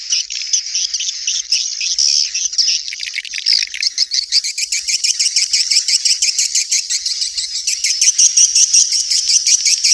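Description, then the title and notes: Swiftlet calls, a busy high chorus of chirps and fast rhythmic clicking pulses, growing steadier toward the end. Used for swiftlet farming in Asia. "Swiflet Bird Sound. Farming Swiflet Bird asia sound"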